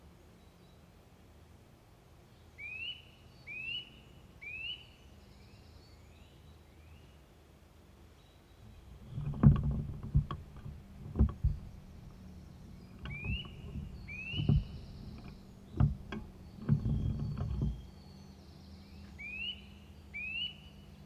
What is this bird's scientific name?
Sitta europaea